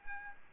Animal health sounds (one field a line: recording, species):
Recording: mosquito wingbeat signal from an infrared sensor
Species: Aedes albopictus